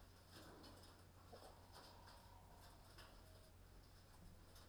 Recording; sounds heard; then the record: poultry house recording; healthy chickens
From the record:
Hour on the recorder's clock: 20